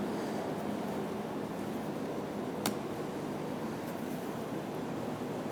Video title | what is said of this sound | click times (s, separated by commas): How to Replace Fuel Pump Assembly 2000-2006 Toyota Tundra | Push that in, that'll lock into place. | 2.7 s